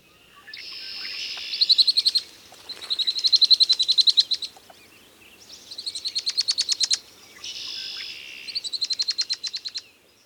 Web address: Songs of Birds of North America Know Your Bird Sounds. Red-winged Blackbird